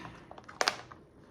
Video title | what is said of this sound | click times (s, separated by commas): VLOGMAS DAY 11 - EXTENDING MY VERY FIRST MOSS POLES | Can you hear that? That click is letting you know it's secure. | 0.6 s